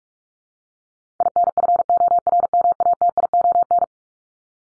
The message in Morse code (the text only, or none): INFORMATION